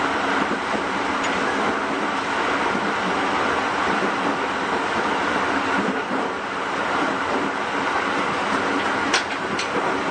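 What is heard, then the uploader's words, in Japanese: Recorded aboard a JR 209 series train on the Sobu Main Line between Higashi-Chiba and Sakura. A steady, dense rumble and rushing noise holds level for the whole ten seconds, with faint rhythmic rail clatter underneath. Brief bright ticks stand out around nine seconds. JR209系 東千葉〜佐倉。総武本線の運用を録音。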